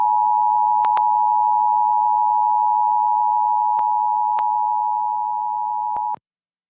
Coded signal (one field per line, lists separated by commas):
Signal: Emergency Alert System (SAME) tones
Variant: 853 and 960 Hz attention tone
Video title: WNPR EAS Test July 22nd, 2023